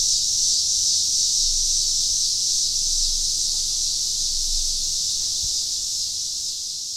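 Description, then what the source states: Eastern scissor grinder chorus: a steady, unbroken high-pitched buzzing drone that holds level throughout and eases slightly toward the end. A chorus of cicadas.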